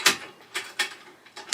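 The metal clamp latches holding the cover onto the base of a Vevor stainless steel centrifugal juicer are unsnapped so the metal feed chute piece can be lifted off. Sharp snaps ring out at 0.1 s and 1.5 s, with similar bright clicks at about 0.6 s, 0.8 s and 1.4 s in between. The clamps are released, leaving the cover free.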